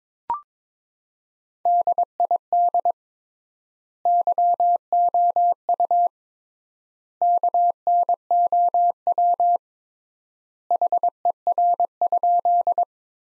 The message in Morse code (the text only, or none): DID YOU KNOW HER?